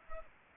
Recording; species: mosquito wingbeat signal from an infrared sensor; Aedes aegypti